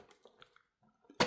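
While reassembling a Redcat Ascent18 brushless Scout II RTR rock crawler, the front of the plastic RC truck body shell is pressed down onto the chassis. Soft scuffing and light handling noises come first, then a loud, sharp click at 1.2 s as the front latch catches and the body seats.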